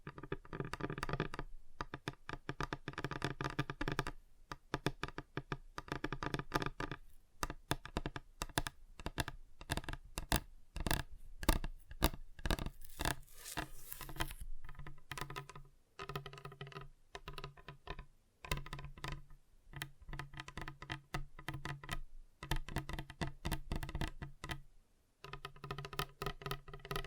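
Fingers tap and drum on a table, moving across different surfaces, in quick irregular bursts of sharp clicks and knocks throughout. Some stretches sound duller and lower, others brighter, with a dense flurry of rapid taps around the middle and brief pauses between runs.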